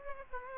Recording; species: mosquito wingbeat signal from an infrared sensor; Aedes aegypti